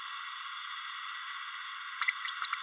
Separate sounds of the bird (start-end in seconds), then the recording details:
2.01-2.07, 2.42-2.48, 2.52-2.60. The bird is a male. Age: 31 days. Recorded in a nest box in Venezuela. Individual 17B32A6